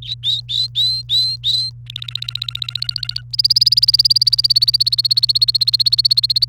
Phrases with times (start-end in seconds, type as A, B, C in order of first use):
0.03-1.70 A, 1.87-3.21 B, 3.33-6.49 C